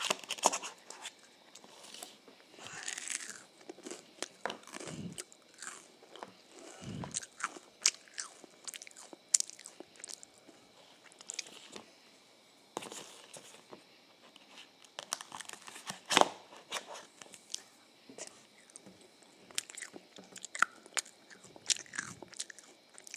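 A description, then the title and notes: Someone eats ice cream and waffles, with frequent crisp bites and crunches scattered through the whole stretch. Short sharp cracks come every second or so, some louder ones near five, seven, thirteen and sixteen seconds, with softer chewing and quiet gaps between them. Eating Ice Cream and Waffles.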